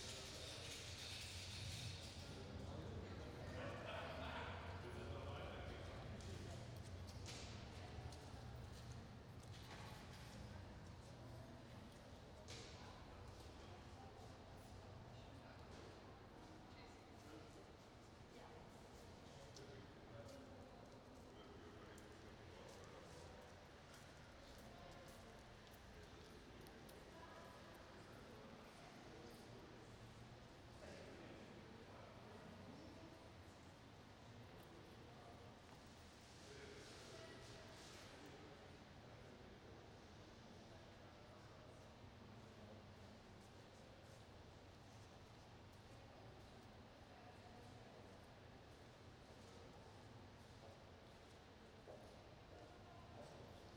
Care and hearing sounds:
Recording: everyday scene through a hearing-aid microphone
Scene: reverberant space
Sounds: background noise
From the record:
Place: railway station hall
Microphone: in the ear canal, right

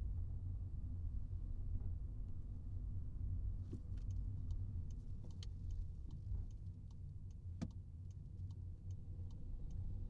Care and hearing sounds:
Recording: everyday scene through a hearing-aid microphone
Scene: in a vehicle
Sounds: engine, highway traffic jam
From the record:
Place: Skoda Fabia, gasoline engine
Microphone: in the ear canal, right

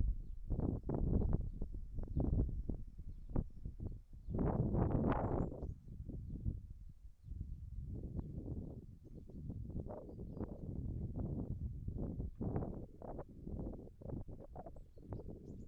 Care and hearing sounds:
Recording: everyday scene through a hearing-aid microphone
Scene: wind on the microphone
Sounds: wind, whistling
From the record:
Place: in front of a rural house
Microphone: behind the ear, left, rear

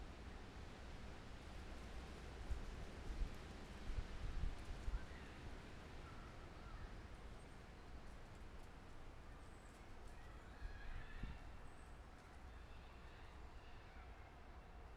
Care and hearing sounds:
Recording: everyday scene through a hearing-aid microphone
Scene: wind on the microphone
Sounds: gentle breeze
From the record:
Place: parking lot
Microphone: behind the ear, left, rear

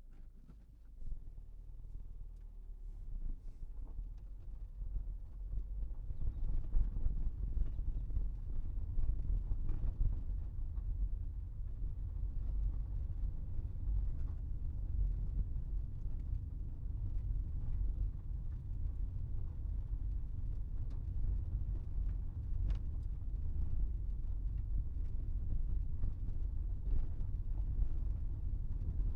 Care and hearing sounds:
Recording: everyday scene through a hearing-aid microphone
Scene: in a vehicle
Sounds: engine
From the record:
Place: Berlingo II, diesel engine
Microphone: behind the ear, right, front

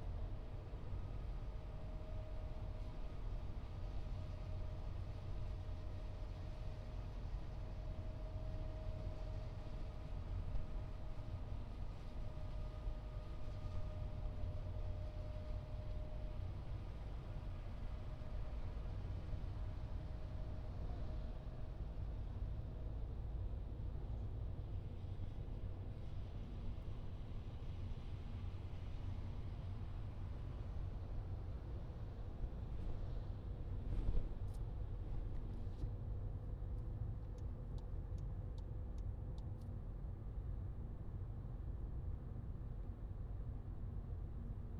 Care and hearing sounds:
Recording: everyday scene through a hearing-aid microphone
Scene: in a vehicle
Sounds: engine, highway driving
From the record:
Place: Skoda Fabia, gasoline engine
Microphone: in the ear canal, left

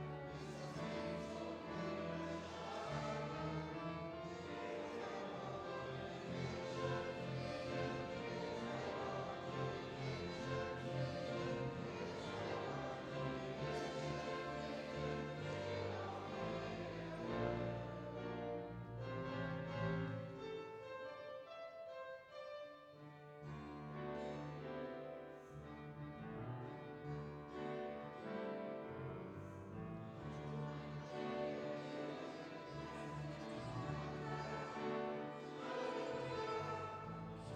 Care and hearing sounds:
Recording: everyday scene through a hearing-aid microphone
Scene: reverberant space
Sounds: music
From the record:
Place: church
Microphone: in the ear canal, left

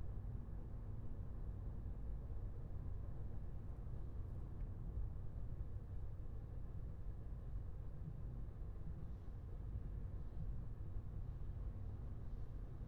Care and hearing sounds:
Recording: everyday scene through a hearing-aid microphone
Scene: in a vehicle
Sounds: engine, highway driving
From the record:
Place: Skoda Fabia, gasoline engine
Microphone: behind the ear, left, rear

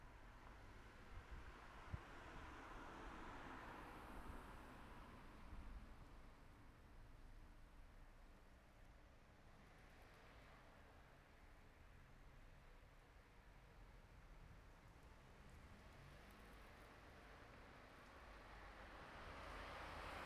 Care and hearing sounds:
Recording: everyday scene through a hearing-aid microphone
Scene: in traffic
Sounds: traffic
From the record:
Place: city secondary road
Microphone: behind the ear, right, rear

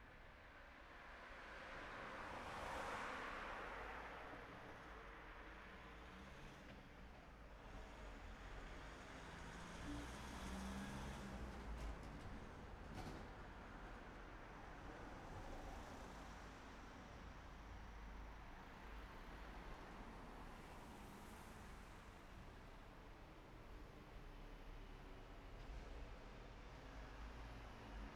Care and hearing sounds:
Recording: everyday scene through a hearing-aid microphone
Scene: in traffic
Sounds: traffic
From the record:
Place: city secondary road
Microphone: behind the ear, right, front

